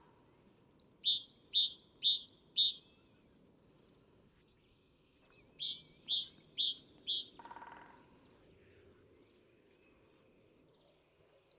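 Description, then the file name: Great tit calling in bright, repeated two-note phrases, two bursts of several quick pairs separated by a pause; a lower buzzy note follows the second burst. "Parus major"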